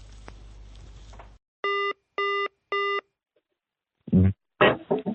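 Three short, evenly spaced electronic telephone tones at a steady mid pitch sound on an outgoing call, following a stretch of low hum. A voice then answers on the line.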